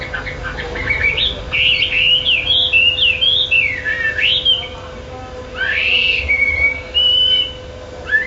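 Chinese hwamei delivering a string of clear rising and falling whistled notes, then a slurred phrase and sustained whistles, with a low background hum.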